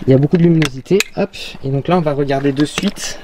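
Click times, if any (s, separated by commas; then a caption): none. A toaster plugged into an Anker Solix F1200 portable power station is handled as its carriage lever is about to be pushed down into its latched position, while someone talks throughout. The clip ends before the lever goes home, so nothing has latched or clicked yet.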